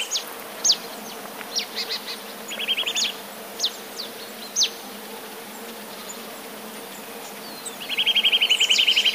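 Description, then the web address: Eurasian nuthatch song: a short trill early, then a longer rapid piping trill at the end, with scattered high chirps. "wroblowe kowalik kowalikispiew"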